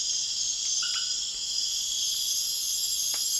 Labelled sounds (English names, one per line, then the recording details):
none
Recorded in pastures near Puerto Asís, Putumayo, Colombia, on 30 June 2025 at 21:00
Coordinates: 0.502, -76.324
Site G010